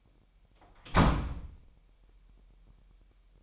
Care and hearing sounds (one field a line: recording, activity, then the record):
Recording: daily activity, microphone in the room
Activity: close door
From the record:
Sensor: 1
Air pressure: 998.5 hPa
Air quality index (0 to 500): 129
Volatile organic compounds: 4 ppm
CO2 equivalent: 1543 ppm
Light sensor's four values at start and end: 19/63/25/26 and 19/63/25/26